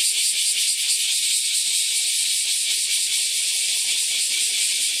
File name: Kumazemi